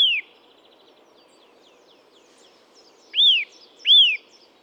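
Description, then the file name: Eurasian nuthatch giving sharp arched whistled notes, one at the start, then after a quiet stretch two more close together, faint bird chatter in the background. "Sitta europaea"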